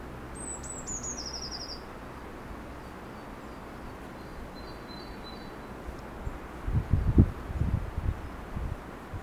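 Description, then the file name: Eurasian blue tit calls: a brief run of thin, very high notes sliding downward, followed by a few faint high notes, with low rumbling thumps later on. "Cyanistes caeruleus"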